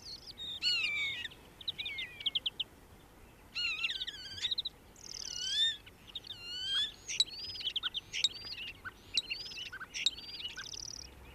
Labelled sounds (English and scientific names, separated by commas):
European Starling (Sturnus vulgaris) song